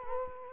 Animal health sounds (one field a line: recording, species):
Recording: mosquito wingbeat signal from an infrared sensor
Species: Culex quinquefasciatus